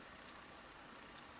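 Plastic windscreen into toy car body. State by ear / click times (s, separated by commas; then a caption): not seated / none. The clear plastic windscreen of a die-cast toy car is being fed into the lip inside the metal body, and nothing has popped into place yet. Over a steady broadband hiss, two faint, brief high-pitched ticks occur near 0.3 s and 1.2 s.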